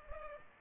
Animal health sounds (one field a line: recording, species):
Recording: mosquito wingbeat signal from an infrared sensor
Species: Culex pipiens